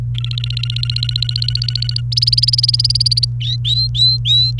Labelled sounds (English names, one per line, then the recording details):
Domestic Canary song
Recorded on 29 April 2018 at 09:26
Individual llb3